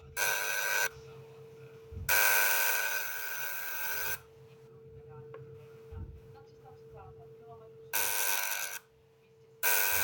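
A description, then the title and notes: A vacuum tester's coil fires in loud, harsh buzzing bursts of one to two seconds, separated by a steady low hum and faint clicks. Tesla coil - vacuum tester. Přístroj fy Tesla na zkoušení vakua rentgenových trubic. Obsahuje malý Teslův transformátor podle zvuku s jiskřištěm. Generuje vysoké napětí o vysoké frekvenci.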